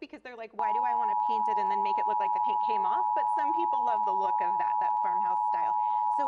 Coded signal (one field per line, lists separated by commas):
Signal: Emergency Alert System (SAME) tones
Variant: 853 and 960 Hz attention tone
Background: speech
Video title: Easy Guide to Painting Furniture